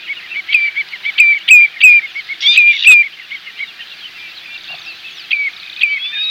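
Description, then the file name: Common redshank calls: short, downslurred whistled notes repeated several times, mostly in the first three seconds, over a dense, continuous chorus of other birds. "tureluur"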